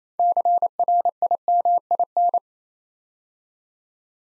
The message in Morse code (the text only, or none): CRIMIN